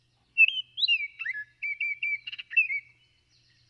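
Baltimore Oriole song, a string of clear whistled notes that rise and slur down, mixed with a few brief chattery bits, lasting about two and a half seconds.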